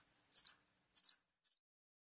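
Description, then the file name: Falcon calling with three quick, high-pitched double chirps at half-second intervals, quiet and otherwise surrounded by silence. "canto-do-falcão"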